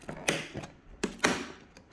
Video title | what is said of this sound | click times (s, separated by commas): Budget Gaming PC Build (1000 Subscriber Special) | get it in and then listen for that satisfying click | 0.3 s, 1.2 s